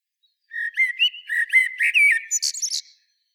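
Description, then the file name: Common blackbird singing a rich phrase of several low fluty whistles, ending in a run of thin, high chattering squeaks; no other sounds. "Turdus merula"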